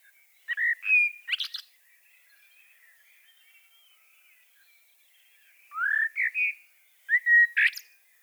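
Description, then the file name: Common blackbird giving short phrases of rising fluted notes, some ending in a brief high twittering squeak, with a pause of about four seconds after the first. "Turdus merula"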